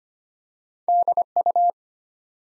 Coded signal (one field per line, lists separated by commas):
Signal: Morse code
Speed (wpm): 25 wpm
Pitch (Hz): 700 Hz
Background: none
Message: DU